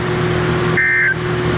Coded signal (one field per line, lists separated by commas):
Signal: Emergency Alert System (SAME) tones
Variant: end-of-message bursts